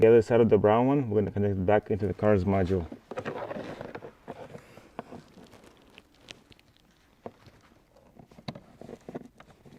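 The other end of a brown harness connector from a remote engine starter install is handled near the body control module socket of a 2016-2020 Hyundai Tucson. Someone talks, then there are quiet rustling handling sounds with a few short sharp ticks. Nothing has seated or clicked into the module yet.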